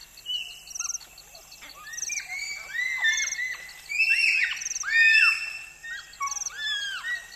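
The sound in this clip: Bonobo calls: excited overlapping high squeals and sweeping whoops that build to a loud peak past the middle.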